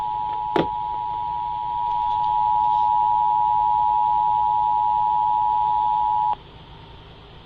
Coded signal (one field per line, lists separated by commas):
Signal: Emergency Alert System (SAME) tones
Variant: 853 and 960 Hz attention tone